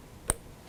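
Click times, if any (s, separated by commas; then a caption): 0.3 s. A brake wiring connector is plugged back into the drive motor's brake harness. It locks home with a single sharp click at 0.3 s against a quiet background. The connector is seated.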